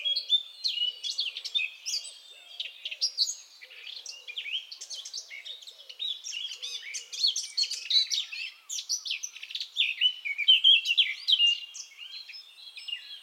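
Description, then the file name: Eurasian blackcap singing a continuous, dense warble of quick fluty and scratchy notes. "Sylvia atricapilla"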